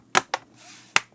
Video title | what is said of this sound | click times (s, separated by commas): Replacing the Hard Drive, Memory, WiFi Card, Battery, Fan, or Motherboard on an Acer Aspire 3 Laptop | And now we snap it back in. This will snap in place. | 0.2 s, 1.0 s